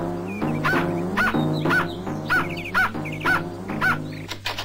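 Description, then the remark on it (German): A young wolf gives a rapid series of high, yelping barks and yips, about six sharp bursts in quick succession, with whiny harmonics between them and no talking. “Du lieber Himmel, sehe ich richtig? Ein Wolf?”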